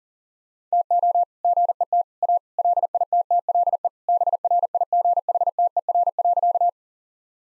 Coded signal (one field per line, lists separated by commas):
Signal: Morse code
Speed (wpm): 40 wpm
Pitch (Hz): 700 Hz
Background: none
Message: TO GET A LITTLE BRIGHTER.